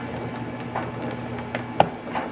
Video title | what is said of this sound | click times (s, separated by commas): PAANO MAGPALIT TAIL LIGHT - HONDA BEAT Fi | Yun. Bale nag-lock na rin yung dito sa ano niya sa clip niya dito sa taas. | 1.8 s